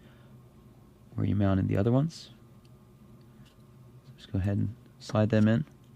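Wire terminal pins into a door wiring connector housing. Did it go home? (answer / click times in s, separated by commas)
no / none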